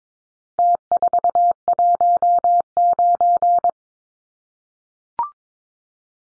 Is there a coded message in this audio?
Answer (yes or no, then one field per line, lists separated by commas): yes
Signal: Morse code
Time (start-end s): 0.6-3.7 s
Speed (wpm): 22 wpm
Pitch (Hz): 700 Hz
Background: none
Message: T419